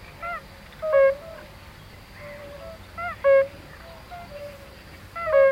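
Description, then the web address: European fire-bellied toad chorus: mellow, brief hooting notes at irregular intervals, some louder and some fainter, overlapping softly over low hiss. "Hangok Bombina bombina"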